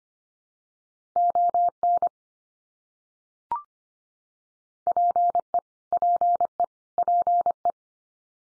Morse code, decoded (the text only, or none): ON PE PE PE